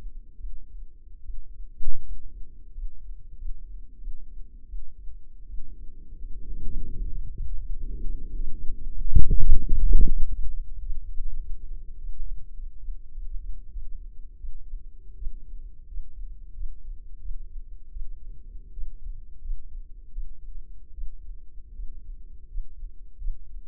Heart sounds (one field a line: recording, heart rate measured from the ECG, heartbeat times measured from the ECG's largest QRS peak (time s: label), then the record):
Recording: heart sounds by microphone in the left ear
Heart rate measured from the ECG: 87 bpm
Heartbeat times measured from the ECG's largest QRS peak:
0.37 s: heartbeat
1.22 s: heartbeat
2.02 s: heartbeat
2.72 s: heartbeat
3.35 s: heartbeat
3.98 s: heartbeat
4.66 s: heartbeat
5.46 s: heartbeat
6.17 s: heartbeat
6.80 s: heartbeat
7.36 s: heartbeat
7.91 s: heartbeat
8.55 s: heartbeat
9.40 s: heartbeat
10.11 s: heartbeat
10.75 s: heartbeat
11.36 s: heartbeat
11.95 s: heartbeat
12.52 s: heartbeat
13.09 s: heartbeat
13.69 s: heartbeat
14.37 s: heartbeat
15.15 s: heartbeat
15.86 s: heartbeat
16.52 s: heartbeat
17.18 s: heartbeat
17.89 s: heartbeat
18.70 s: heartbeat
19.39 s: heartbeat
20.09 s: heartbeat
20.91 s: heartbeat
21.72 s: heartbeat
22.46 s: heartbeat
23.16 s: heartbeat
From the record:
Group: healthy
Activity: rest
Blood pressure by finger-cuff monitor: 132/92 mmHg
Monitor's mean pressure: 104 mmHg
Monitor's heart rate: 89 bpm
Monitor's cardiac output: 6.4 L/min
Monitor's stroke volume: 72 mL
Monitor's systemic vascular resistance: 1210 dyn s/cm5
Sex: male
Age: 21 years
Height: 180 cm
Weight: 67.5 kg